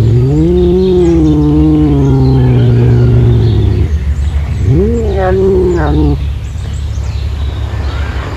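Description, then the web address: Serval giving two calls: a long wavering harmonic cry, then after a pause a shorter upward-swooping wail, both over a constant low drone. "earth naturelibrary assets s se serval"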